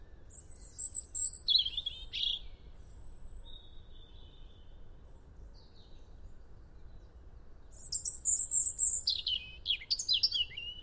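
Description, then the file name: European robin song: two high sparkling phrases of thin whistles and quick trills, separated by a quieter stretch with a few faint notes, over a low steady hiss. "Erithacus rubecula"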